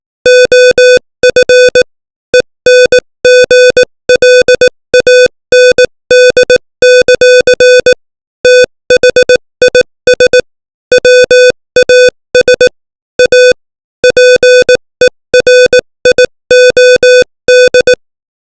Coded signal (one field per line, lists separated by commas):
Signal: Morse code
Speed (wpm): 18 wpm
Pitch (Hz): 500 Hz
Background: music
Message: OF ENGLAND; THIS WAS A PERIOD